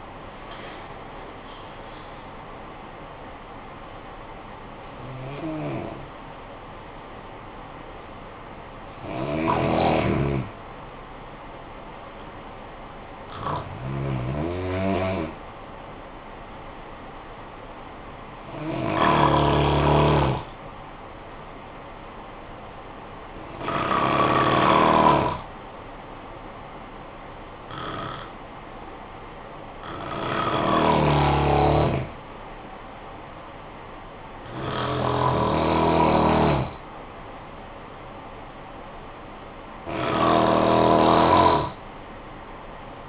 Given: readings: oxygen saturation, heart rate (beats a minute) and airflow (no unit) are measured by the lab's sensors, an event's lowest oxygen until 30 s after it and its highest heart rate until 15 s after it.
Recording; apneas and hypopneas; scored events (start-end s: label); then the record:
breathing in sleep by a voice recorder at the bedside; 1
5.00-43.09 s: new sleep stage, N2 (light sleep)
20.00-30.50 s: hypopnea (N2, oxygen 95% highest, then 91% lowest, heart rate 60 at the start, 62 highest)
From the record:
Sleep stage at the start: N1 (lightest sleep); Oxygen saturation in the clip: 89 to 95%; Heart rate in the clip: 51 to 74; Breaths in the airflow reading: 9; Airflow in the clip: -14.5 to 8.7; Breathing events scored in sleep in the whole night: 445 in 7.6 hours asleep